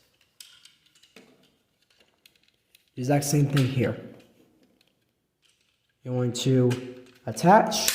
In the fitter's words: that's going to lock into place